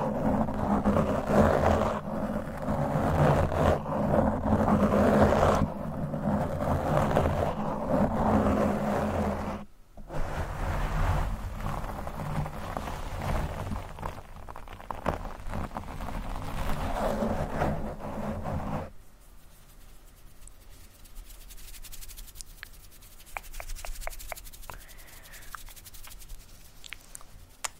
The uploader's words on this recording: ASMR Mic Brushing, Scratching, & Fast Tapping (No Talking).